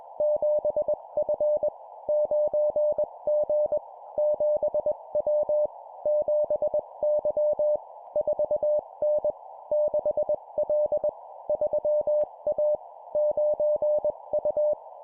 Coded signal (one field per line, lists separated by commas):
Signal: Morse code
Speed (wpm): 21 wpm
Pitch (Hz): 600 Hz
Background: none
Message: 7F 9G 7W 7Y 4N 6L 3A 9U